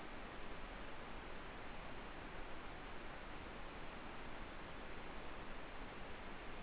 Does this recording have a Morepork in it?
no